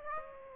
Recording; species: mosquito wingbeat signal from an infrared sensor; Aedes aegypti